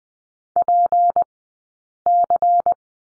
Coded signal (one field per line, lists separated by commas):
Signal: Morse code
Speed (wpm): 20 wpm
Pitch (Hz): 700 Hz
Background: none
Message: PC